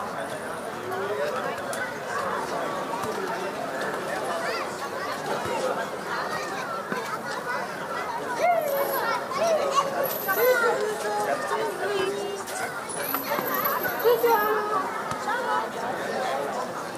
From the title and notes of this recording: Audio Journeys of Berlin: Summer Evening Joy and Child Play. Step into a blissful summer evening in Berlin with this immersive audio journey.